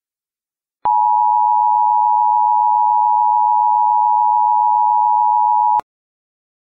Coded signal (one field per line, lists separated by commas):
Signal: Emergency Alert System (SAME) tones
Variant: 853 and 960 Hz attention tone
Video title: EAS Scenario: The Genetic Code Part 2